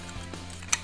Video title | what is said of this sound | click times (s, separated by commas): Scream 3 Ghostface Voice Box build. A tutorial video on making Roman Bridger’s voice changer replica | It actually just sort of pops into place. | 0.7 s